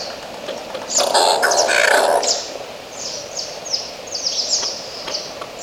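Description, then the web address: Oilbird producing a rasping, drawn-out scream lasting over a second, followed by a run of thin, quick descending chirps at a high pitch. "sound Oilbird. صدای-مرغ-روغنی"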